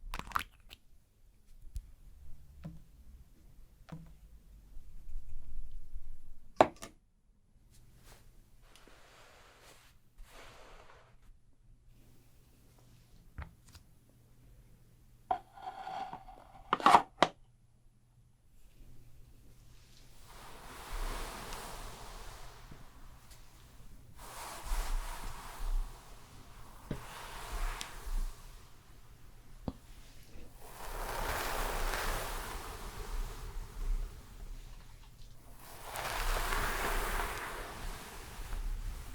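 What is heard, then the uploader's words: Shampoo and hair brushing, beginning quietly with scattered taps, clicks and short rustles. After about twenty seconds, repeated swishing strokes arrive every few seconds, fuller and louder toward the end, over a low, steady hum. ASMR Relaxing Shampoo and Hair brushing ｜NO TALKING.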